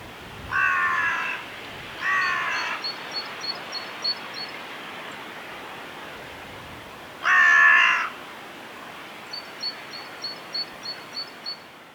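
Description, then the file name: Carrion crow cawing harshly three times, two in quick succession then one more after a pause, while a faint series of high, thin chirps repeats after the second and third caws. "Corvus corone"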